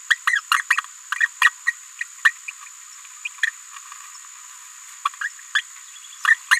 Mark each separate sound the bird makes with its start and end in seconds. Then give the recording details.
0.10-0.15, 0.27-0.41, 0.51-0.61, 0.70-0.76, 1.20-1.27, 1.41-1.49, 1.67-1.72, 2.25-2.31, 3.25-3.28, 3.43-3.46, 5.05-5.08, 5.21-5.28, 5.55-5.61, 6.27-6.34, 6.51-6.59. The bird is a female. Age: 27 days. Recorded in a nest box in Venezuela. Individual 17B73B2